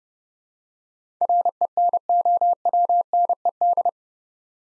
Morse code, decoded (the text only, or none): RENOWNED